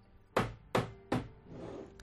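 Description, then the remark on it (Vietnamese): Three firm knocks on a door, evenly spaced about a second apart, each a sharp thud with a short ringing tail, followed by faint shuffling noise. “Trên cửa truyền đến âm thanh đánh gãy tiếng la hét”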